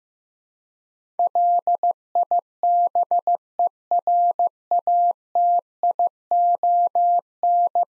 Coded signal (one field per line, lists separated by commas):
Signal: Morse code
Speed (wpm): 16 wpm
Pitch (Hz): 700 Hz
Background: none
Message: LIBERATION